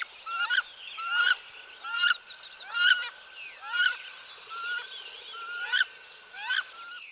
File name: Wood Duck